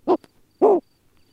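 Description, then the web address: Bulwer's petrel calling: two short, hoarse, low barking notes about half a second apart, with a faint tick between them. "aves-marinhas alma-negra Cantos Alma Negra"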